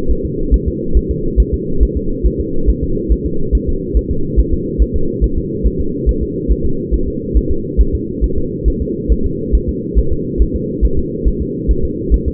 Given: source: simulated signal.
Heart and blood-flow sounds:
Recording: fetal heart sounds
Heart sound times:
0.11 s: S1
0.25 s: S2
0.54 s: S1
0.68 s: S2
0.97 s: S1
1.11 s: S2
1.40 s: S1
1.54 s: S2
1.83 s: S1
1.97 s: S2
2.26 s: S1
2.40 s: S2
2.70 s: S1
2.83 s: S2
3.12 s: S1
3.26 s: S2
3.55 s: S1
3.69 s: S2
3.97 s: S1
4.11 s: S2
4.39 s: S1
4.53 s: S2
4.82 s: S1
4.96 s: S2
5.24 s: S1
5.38 s: S2
5.66 s: S1
5.81 s: S2
6.09 s: S1
6.23 s: S2
6.52 s: S1
6.66 s: S2
6.94 s: S1
7.08 s: S2
7.37 s: S1
7.51 s: S2
7.81 s: S1
7.95 s: S2
8.24 s: S1
8.38 s: S2
8.68 s: S1
8.82 s: S2
9.12 s: S1
9.26 s: S2
9.55 s: S1
9.69 s: S2
9.99 s: S1
10.12 s: S2
10.42 s: S1
10.56 s: S2
10.85 s: S1
10.99 s: S2
11.28 s: S1
11.42 s: S2
11.71 s: S1
11.85 s: S2
12.14 s: S1
12.28 s: S2
From the record:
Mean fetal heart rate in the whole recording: 140 bpm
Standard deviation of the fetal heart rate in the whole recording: 2 bpm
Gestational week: 34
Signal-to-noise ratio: -8.1 dB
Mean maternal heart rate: 72 bpm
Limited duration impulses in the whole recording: absent

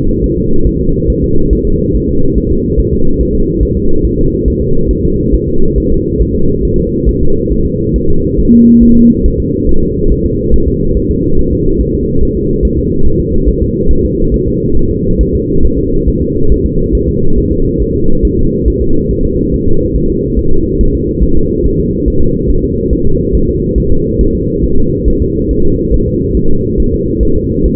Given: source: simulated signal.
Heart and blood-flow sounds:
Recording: fetal heart sounds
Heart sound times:
0.24 s: S1
0.38 s: S2
0.67 s: S1
0.81 s: S2
1.10 s: S1
1.24 s: S2
1.53 s: S1
1.67 s: S2
1.95 s: S1
2.09 s: S2
2.38 s: S1
2.52 s: S2
2.80 s: S1
2.94 s: S2
3.21 s: S1
3.35 s: S2
3.63 s: S1
3.77 s: S2
4.05 s: S1
4.19 s: S2
4.48 s: S1
4.62 s: S2
4.91 s: S1
5.05 s: S2
5.34 s: S1
5.48 s: S2
5.78 s: S1
5.92 s: S2
6.22 s: S1
6.36 s: S2
6.65 s: S1
6.79 s: S2
7.09 s: S1
7.23 s: S2
7.52 s: S1
7.66 s: S2
7.96 s: S1
8.10 s: S2
8.40 s: S1
8.54 s: S2
8.83 s: S1
8.97 s: S2
9.26 s: S1
9.40 s: S2
9.69 s: S1
9.83 s: S2
10.12 s: S1
10.26 s: S2
10.54 s: S1
10.68 s: S2
10.97 s: S1
11.11 s: S2
11.39 s: S1
11.53 s: S2
11.81 s: S1
11.95 s: S2
12.23 s: S1
12.37 s: S2
12.65 s: S1
12.79 s: S2
13.07 s: S1
13.20 s: S2
13.48 s: S1
13.62 s: S2
13.91 s: S1
14.05 s: S2
14.34 s: S1
14.48 s: S2
14.77 s: S1
14.91 s: S2
15.21 s: S1
15.35 s: S2
15.65 s: S1
15.79 s: S2
16.08 s: S1
16.22 s: S2
16.52 s: S1
16.66 s: S2
16.95 s: S1
17.09 s: S2
17.38 s: S1
17.52 s: S2
17.82 s: S1
17.96 s: S2
18.25 s: S1
18.39 s: S2
18.68 s: S1
18.82 s: S2
19.11 s: S1
19.25 s: S2
19.54 s: S1
19.68 s: S2
19.96 s: S1
20.10 s: S2
20.39 s: S1
20.53 s: S2
20.81 s: S1
20.95 s: S2
21.23 s: S1
21.37 s: S2
21.66 s: S1
21.80 s: S2
22.08 s: S1
22.22 s: S2
22.50 s: S1
22.64 s: S2
22.93 s: S1
23.07 s: S2
23.35 s: S1
23.49 s: S2
23.78 s: S1
23.92 s: S2
24.21 s: S1
24.35 s: S2
24.64 s: S1
24.78 s: S2
25.08 s: S1
25.22 s: S2
25.51 s: S1
25.65 s: S2
25.94 s: S1
26.08 s: S2
26.37 s: S1
26.51 s: S2
26.80 s: S1
26.94 s: S2
27.23 s: S1
27.37 s: S2
27.66 s: S1
From the record:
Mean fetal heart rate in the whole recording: 140 bpm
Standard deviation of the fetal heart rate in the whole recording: 2 bpm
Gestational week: 34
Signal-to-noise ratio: -19.1 dB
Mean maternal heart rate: 72 bpm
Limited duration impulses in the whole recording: present

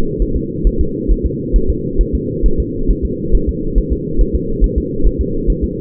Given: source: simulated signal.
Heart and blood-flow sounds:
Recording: fetal heart sounds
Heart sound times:
0.22 s: S1
0.37 s: S2
0.67 s: S1
0.81 s: S2
1.11 s: S1
1.26 s: S2
1.56 s: S1
1.70 s: S2
2.01 s: S1
2.15 s: S2
2.46 s: S1
2.60 s: S2
2.91 s: S1
3.05 s: S2
3.35 s: S1
3.49 s: S2
3.78 s: S1
3.93 s: S2
4.21 s: S1
4.36 s: S2
4.64 s: S1
4.78 s: S2
5.07 s: S1
5.21 s: S2
5.50 s: S1
5.64 s: S2
From the record:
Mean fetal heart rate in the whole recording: 135 bpm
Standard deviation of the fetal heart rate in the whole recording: 3 bpm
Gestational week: 36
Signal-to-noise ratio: -8.1 dB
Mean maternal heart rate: 72 bpm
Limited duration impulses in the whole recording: absent

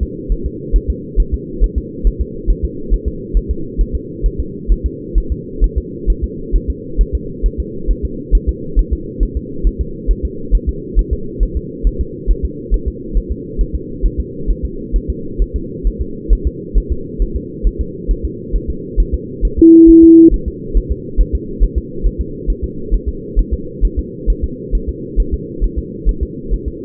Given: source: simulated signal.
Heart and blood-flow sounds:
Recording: fetal heart sounds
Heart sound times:
0.03 s: S2
0.32 s: S1
0.46 s: S2
0.76 s: S1
0.90 s: S2
1.20 s: S1
1.34 s: S2
1.64 s: S1
1.78 s: S2
2.07 s: S1
2.21 s: S2
2.50 s: S1
2.65 s: S2
2.94 s: S1
3.08 s: S2
3.37 s: S1
3.51 s: S2
3.81 s: S1
3.95 s: S2
4.26 s: S1
4.40 s: S2
4.72 s: S1
4.86 s: S2
5.18 s: S1
5.32 s: S2
5.64 s: S1
5.78 s: S2
6.10 s: S1
6.24 s: S2
6.56 s: S1
6.70 s: S2
7.01 s: S1
7.15 s: S2
7.46 s: S1
7.60 s: S2
7.91 s: S1
8.05 s: S2
8.35 s: S1
8.49 s: S2
8.79 s: S1
8.93 s: S2
9.23 s: S1
9.37 s: S2
9.67 s: S1
9.81 s: S2
10.11 s: S1
10.25 s: S2
10.55 s: S1
10.69 s: S2
10.99 s: S1
11.13 s: S2
11.43 s: S1
11.57 s: S2
11.87 s: S1
12.01 s: S2
12.31 s: S1
12.45 s: S2
12.74 s: S1
12.88 s: S2
13.17 s: S1
13.32 s: S2
13.61 s: S1
13.75 s: S2
14.06 s: S1
14.20 s: S2
14.51 s: S1
14.65 s: S2
14.96 s: S1
15.10 s: S2
15.42 s: S1
15.56 s: S2
15.87 s: S1
16.01 s: S2
16.33 s: S1
16.47 s: S2
16.78 s: S1
16.92 s: S2
17.22 s: S1
17.36 s: S2
17.67 s: S1
17.81 s: S2
18.11 s: S1
18.25 s: S2
18.56 s: S1
18.70 s: S2
19.00 s: S1
19.14 s: S2
19.45 s: S1
19.59 s: S2
19.90 s: S1
20.04 s: S2
20.34 s: S1
20.48 s: S2
20.77 s: S1
20.92 s: S2
21.21 s: S1
21.35 s: S2
21.64 s: S1
21.78 s: S2
22.07 s: S1
22.21 s: S2
22.50 s: S1
22.64 s: S2
22.94 s: S1
23.09 s: S2
23.39 s: S1
23.53 s: S2
23.85 s: S1
23.99 s: S2
24.30 s: S1
24.44 s: S2
24.75 s: S1
24.89 s: S2
25.20 s: S1
25.34 s: S2
25.64 s: S1
25.78 s: S2
26.09 s: S1
26.23 s: S2
26.54 s: S1
26.68 s: S2
From the record:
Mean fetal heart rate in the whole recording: 135 bpm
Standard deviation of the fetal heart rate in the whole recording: 3 bpm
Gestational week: 36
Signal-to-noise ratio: -4.3 dB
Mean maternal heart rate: 72 bpm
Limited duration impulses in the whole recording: present

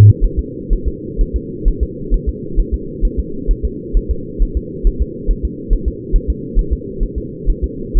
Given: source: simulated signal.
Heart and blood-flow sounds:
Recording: fetal heart sounds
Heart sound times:
0.24 s: S1
0.39 s: S2
0.73 s: S1
0.88 s: S2
1.21 s: S1
1.36 s: S2
1.68 s: S1
1.83 s: S2
2.14 s: S1
2.29 s: S2
2.59 s: S1
2.74 s: S2
3.05 s: S1
3.19 s: S2
3.51 s: S1
3.65 s: S2
3.97 s: S1
4.11 s: S2
4.42 s: S1
4.57 s: S2
4.87 s: S1
5.02 s: S2
5.31 s: S1
5.45 s: S2
5.73 s: S1
5.88 s: S2
6.16 s: S1
6.30 s: S2
6.59 s: S1
6.73 s: S2
7.03 s: S1
7.18 s: S2
7.50 s: S1
7.64 s: S2
7.98 s: S1
From the record:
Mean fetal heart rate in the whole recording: 130 bpm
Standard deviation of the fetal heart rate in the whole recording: 4 bpm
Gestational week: 38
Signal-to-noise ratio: -4.3 dB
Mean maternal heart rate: 72 bpm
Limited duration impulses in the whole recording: present

